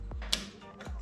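A plastic fuel line quick connector end is pushed onto the fuel rail sensor fitting during a BRZ turbo kit install. Low handling noise gives way to a single crisp snap at 0.3 s, followed by quieter rustling. The line snaps in and is fully seated on the sensor.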